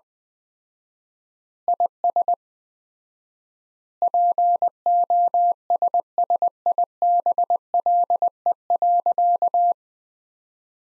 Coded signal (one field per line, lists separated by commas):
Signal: Morse code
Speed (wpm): 21 wpm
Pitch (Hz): 700 Hz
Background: none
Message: IS POSSIBLE.